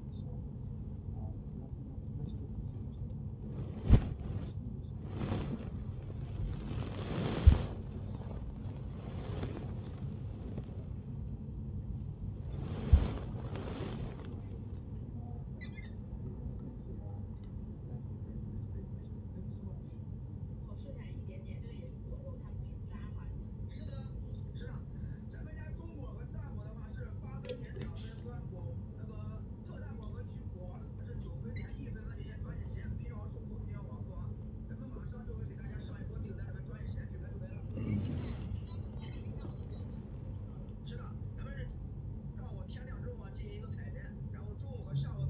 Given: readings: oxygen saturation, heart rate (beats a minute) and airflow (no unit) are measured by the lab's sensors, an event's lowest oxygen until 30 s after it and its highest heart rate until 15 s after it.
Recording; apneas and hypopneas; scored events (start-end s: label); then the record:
a person awake in a sleep study, by a smartphone at the bedside; none
0.00-45.30 s: awake
From the record:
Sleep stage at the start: awake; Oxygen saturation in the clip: 94 to 95%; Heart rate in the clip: 84 to 92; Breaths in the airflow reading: 8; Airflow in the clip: -6.5 to 10.4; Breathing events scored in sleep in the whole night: 131 in 7.2 hours asleep